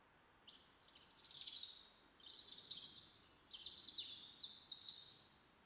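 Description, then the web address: European robin song, three high silvery warbled phrases with short pauses between, each starting with thin notes and sliding lower; soft hiss. "SETE Erithacus rubecula"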